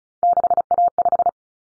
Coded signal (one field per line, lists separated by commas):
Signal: Morse code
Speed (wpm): 34 wpm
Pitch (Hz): 700 Hz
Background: none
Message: 6A5